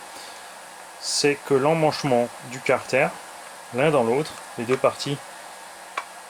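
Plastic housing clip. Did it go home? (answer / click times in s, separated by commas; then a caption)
yes / 6.0 s. Someone talks while pushing one half of an RC car's plastic gearbox housing into the other half. After a quiet pause, a single sharp click sounds at 6.0 s as the two halves clip firmly together.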